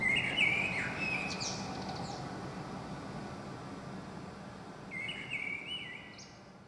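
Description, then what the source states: Common blackbird delivering a fluted warble with a high twittery ending, a quiet gap, then a second softer phrase, against a continuous low hum. Common blackbird singing in Saint-Gilles, Belgium; Sony PCM-M10 internal microphone.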